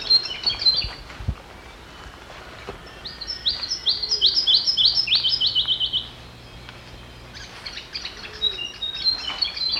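Grey-headed Robin song, a brisk run of high piping notes descending in steps, with softer chirps before and after amid light background noise.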